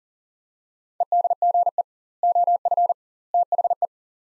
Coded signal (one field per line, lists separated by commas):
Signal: Morse code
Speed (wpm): 40 wpm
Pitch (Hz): 700 Hz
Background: none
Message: EDGE OF THE